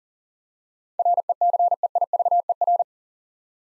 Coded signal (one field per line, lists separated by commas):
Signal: Morse code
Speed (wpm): 40 wpm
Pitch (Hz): 700 Hz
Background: none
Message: RECEIVER